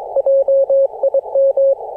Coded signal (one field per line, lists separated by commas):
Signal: Morse code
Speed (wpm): 22 wpm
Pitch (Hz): 540 Hz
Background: none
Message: JIM